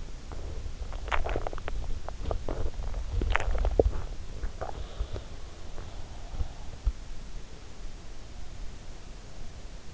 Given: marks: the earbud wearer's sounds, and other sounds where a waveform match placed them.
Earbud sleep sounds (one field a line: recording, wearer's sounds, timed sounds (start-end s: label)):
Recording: sounds in sleep by an in-ear microphone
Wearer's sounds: swallowing, breath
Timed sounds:
0.00-2.76 s: swallowing
2.85-5.79 s: swallowing
4.77-7.44 s: breath